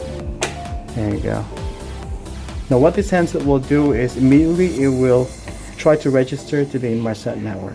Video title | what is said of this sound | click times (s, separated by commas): IsatDock2 MARINE Installation Video for IsatPhone 2 | now gently push it down until you hear a click there you go now | 0.4 s